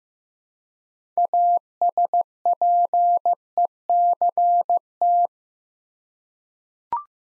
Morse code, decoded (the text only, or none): ASPECT